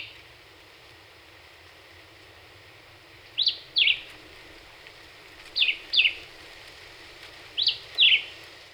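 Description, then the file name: Black-whiskered Vireo song: after three quiet seconds, three paired bursts of short, sharp whistled notes follow at regular intervals of about two seconds. Recorded 26 April 2019; the bird delivered 27 songs in one minute. "2019-04-26 Black-whiskered Vireo 1 Min 27 Songs"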